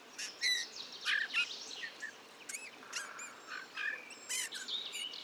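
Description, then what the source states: Eurasian bullfinch soft warbling song, a mix of short piping whistles and thin chirps in uneven bursts. Male in breeding plumage perched on a budding blackthorn, 15 March 2020, La Sarcena, Drôme, France; soft babbling song barely audible to the ear, recorded with a parabolic reflector.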